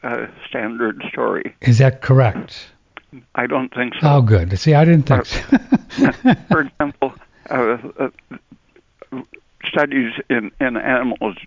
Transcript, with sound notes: standard story.
Is that correct?
I don't think so.
Oh, good, see, I didn't think so. (laughing)
For example, studies in animals